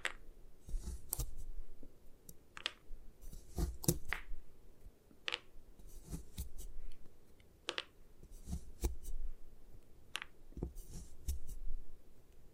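Gym chalk is crushed and broken in a run of sharp, dry cracks and crunches, arriving irregularly about once or twice a second. Between the snaps runs a low, grainy crumbling and rubbing, with a few bright clicking taps standing out.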